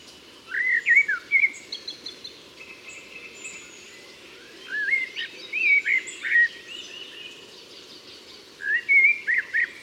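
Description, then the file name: Common blackbird singing three mellow whistled phrases separated by quiet gaps. "Turdus merula"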